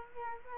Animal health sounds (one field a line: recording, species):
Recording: mosquito wingbeat signal from an infrared sensor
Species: Culex quinquefasciatus